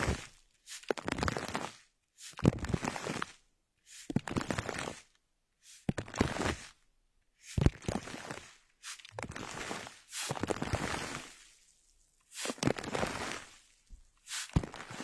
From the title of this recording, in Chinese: 水晶球 包包 眼镜 笔记本 水音